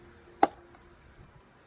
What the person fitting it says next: Hear the click.